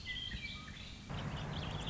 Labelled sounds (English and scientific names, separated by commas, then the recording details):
Warbling Vireo (Vireo gilvus)
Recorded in Sonoma County, California